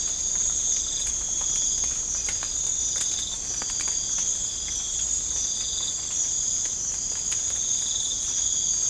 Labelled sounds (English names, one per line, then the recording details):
none
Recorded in pastures near Puerto Asís, Putumayo, Colombia, on 18 December 2024 at 02:00
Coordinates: 0.496, -76.326
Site G004